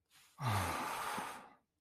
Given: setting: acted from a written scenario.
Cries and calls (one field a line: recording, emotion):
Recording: vocal sound without words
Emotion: relief